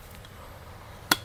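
During an Öhlins RnT fork rebuild on a Daytona 675R, the fork slider is pushed onto the fork assembly, whose o-ring and thread are greased with oil-soluble grease. Over a quiet background with two faint ticks near 0.2 s, one sharp, loud click at 1.1 s marks the fork tube seating home.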